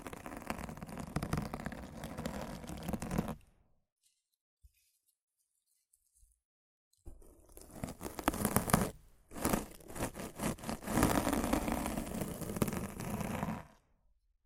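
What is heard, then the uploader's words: Rough mic scratching and brushing, dense crackly rustling for three seconds, then near silence, then uneven bursts of scraping resuming until the end. ASMR Rough Mic Scratching & Brushing (No Talking).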